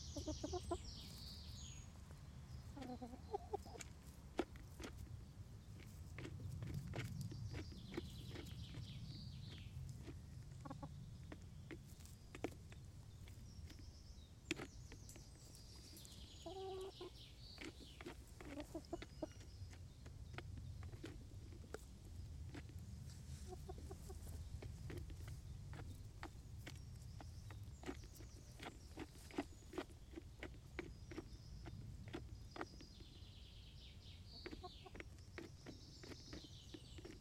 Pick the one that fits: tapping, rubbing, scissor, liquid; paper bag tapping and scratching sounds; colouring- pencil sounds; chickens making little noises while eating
chickens making little noises while eating